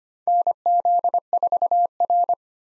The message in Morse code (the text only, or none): NZ4R